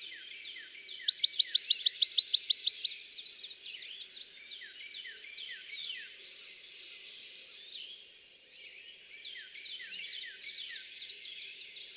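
Bachman's sparrow song: a pure whistle leading into a fast, ringing trill, then quieter chirps, with another whistle at the close.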